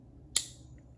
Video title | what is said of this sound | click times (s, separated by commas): American Blade Works Button Lock | the uh the button lock clicking into place you can see there's that little Groove | 0.4 s